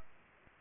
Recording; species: mosquito wingbeat signal from an infrared sensor; Culex pipiens